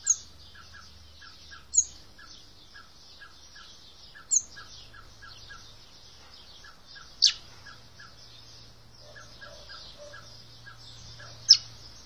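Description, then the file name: Common blackbird giving sharp, high call notes a few seconds apart, with a steady train of soft lower pips and a low hum behind. "Turdus merula"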